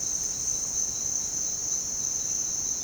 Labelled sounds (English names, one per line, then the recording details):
none
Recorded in dense forest near Puerto Asís, Putumayo, Colombia, on 23 June 2025 at 07:00
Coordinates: 0.499, -76.324
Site G100